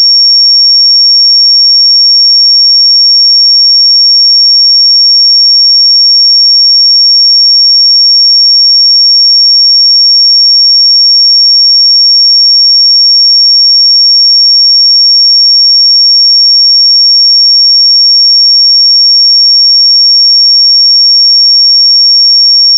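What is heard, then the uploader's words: A pure sine tone at 5519 Hz sounds continuously for about 23 seconds, a single thin, bright whistle held at one fixed pitch. Its loudness stays perfectly even from start to finish, with no other sounds and complete silence beneath it. 5519 Hz 1 Hz Interval Sine Pure Tone Frequency 441000 Sample Mono.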